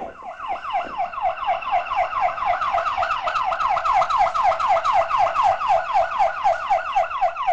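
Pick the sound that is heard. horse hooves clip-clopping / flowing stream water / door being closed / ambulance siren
ambulance siren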